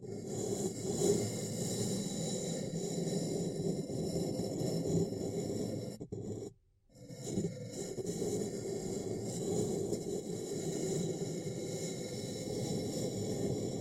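Ear cupping produces a steady, muffled rustling hum, dense and low with a dull rumbling character and faint brighter hiss above. Around six seconds the sound drops out almost to silence for about a second, then the muffled rubbing resumes and continues evenly to the end.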